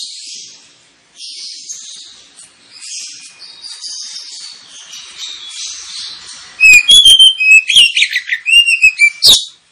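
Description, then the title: Oriental magpie-robin song: soft high twittering at first, then a loud, lively burst of whistled and scratchy notes lasting about three seconds, ending in a harsh note. Used as a lure recording to provoke magpie-robins into singing and fighting, with the bird described as singing loudly and insistently. "Kacer Langsung Tarung Konslet KACER NGOTOT FULL TEMBAKAN. Kacer dimana SAJA Bakalan NGEPLONG GACOR dengan Pancingan Kacer ini"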